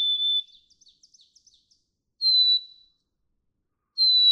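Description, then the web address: Black-capped chickadee whistling: a held low whistle, then a run of quick soft chip notes, then single high whistled notes starting new phrases. "birdsongforthecurious Black-capped Chickadee"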